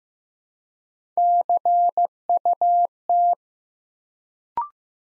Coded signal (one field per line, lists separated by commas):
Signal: Morse code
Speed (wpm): 15 wpm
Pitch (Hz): 700 Hz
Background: none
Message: CUT